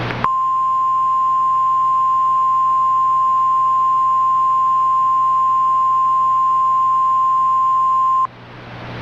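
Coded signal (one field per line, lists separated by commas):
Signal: Emergency Alert System (SAME) tones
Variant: 1050 Hz attention tone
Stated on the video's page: Fictional tsunami and earthquake alert scenario for the Oregon coast.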